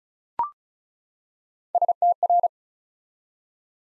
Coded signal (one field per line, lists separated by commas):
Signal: Morse code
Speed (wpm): 36 wpm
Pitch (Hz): 700 Hz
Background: none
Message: STR